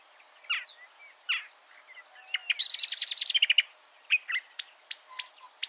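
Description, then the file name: Marsh warbler song: scattered sharp chirps, then a fast run of repeated clipped notes, followed by more spaced high ticks and short whistles. "suara kicauan burung marsh warbler. omkicau"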